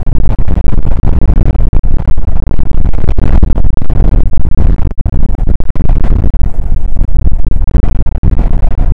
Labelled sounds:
wind
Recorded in the Prudhoe Bay oil fields, Alaska, on 19 July 2019 at 00:03
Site 25

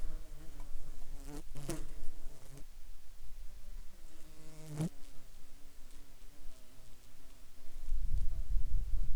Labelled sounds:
insects
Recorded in Ivvavik National Park, Yukon, on 8 July 2019 at 11:25
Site SINP03

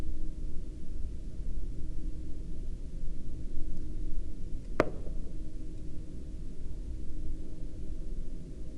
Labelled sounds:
man-made sound
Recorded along the Dalton Highway, Alaska, on 9 April 2019 at 05:30
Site 07

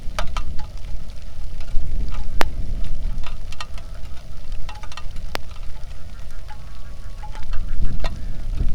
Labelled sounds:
waterfowl, wind, rain
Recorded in the Arctic National Wildlife Refuge, Alaska, on 3 August 2019 at 09:48
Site 46

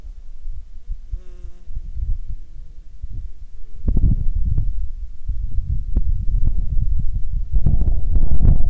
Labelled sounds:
wind, insects
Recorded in Ivvavik National Park, Yukon, on 2 July 2019 at 16:37
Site SINP09

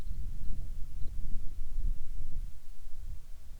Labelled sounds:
bird, wind
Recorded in the Arctic National Wildlife Refuge, Alaska, on 7 July 2019 at 18:39
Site 41

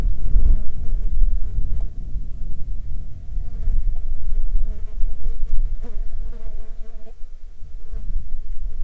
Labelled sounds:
wind, insects
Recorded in the Arctic National Wildlife Refuge, Alaska, on 16 July 2019 at 15:38
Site 35

